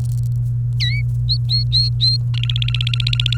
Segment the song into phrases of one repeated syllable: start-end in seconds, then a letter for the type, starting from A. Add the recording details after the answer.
0.80-1.01 A, 1.29-2.17 B, 2.34-3.37 C. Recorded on 28 April 2018 at 13:34. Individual llb3